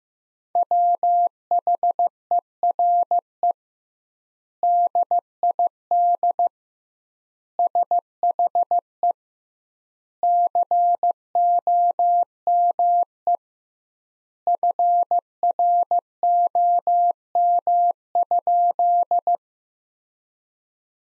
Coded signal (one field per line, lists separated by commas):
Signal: Morse code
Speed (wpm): 15 wpm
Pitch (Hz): 700 Hz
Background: none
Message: WHERE DID SHE COME FROM?